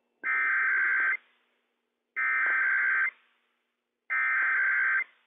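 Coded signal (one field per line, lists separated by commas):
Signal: Emergency Alert System (SAME) tones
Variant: header bursts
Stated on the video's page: Washington State EOC required weekly test relayed on NOAA Weather Radio transmitter WWF56.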